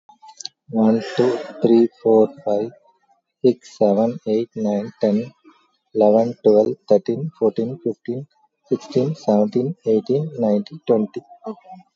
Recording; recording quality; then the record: counting at a normal pace; excellent, no background noise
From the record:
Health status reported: recovered from COVID-19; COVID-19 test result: positive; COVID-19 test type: RT-PCR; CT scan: taken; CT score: 12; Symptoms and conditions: none ticked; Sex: male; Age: 38 years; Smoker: no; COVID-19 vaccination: none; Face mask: not worn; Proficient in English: yes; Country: India